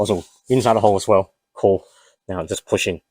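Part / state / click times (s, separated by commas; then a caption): plastic trim panel into car dashboard / not seated / none. A plastic trim panel is handled against the dashboard of a 2013–2020 Mitsubishi Outlander, with its hooks already in their holes, while a backup battery pack for a dash camera is installed. Someone talks as the panel is about to be pushed in. Nothing has seated or clicked yet.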